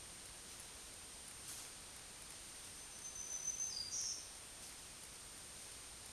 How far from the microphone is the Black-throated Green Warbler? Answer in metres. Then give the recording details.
about 20 m. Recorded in a Pennsylvania forest on 1 June 2023 at 08:50. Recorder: AudioMoth, point grid3_8_low. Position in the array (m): 119 m, 107 m